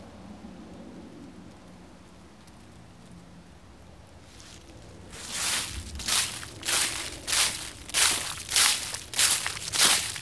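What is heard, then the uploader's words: Crunchy leaves underfoot, starting after about five seconds of a quiet low hum. Then come steady, regular crunches, roughly two per second, bright and crackly, each a short burst that rises and fades, continuing to the end. Crunch leaves podcast. Love crunchy leaves.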